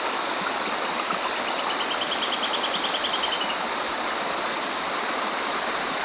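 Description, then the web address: Sharp-tailed streamcreeper song: a fast, dry, high trill lasting about three seconds that swells slightly before stopping, over a steady rushing background noise. Recorded in Ecuador. "Birds of Ecuador 2. Sharp-Tailed Streamcreeper"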